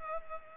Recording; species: mosquito wingbeat signal from an infrared sensor; Culex pipiens